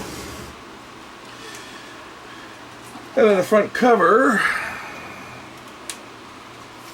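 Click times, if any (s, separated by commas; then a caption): 5.9 s. Someone talks while the plastic front cover of a Sony SL2500 Betamax video cassette recorder is pressed onto its chassis. A single sharp snap is heard at 5.9 s as the front cover seats in place.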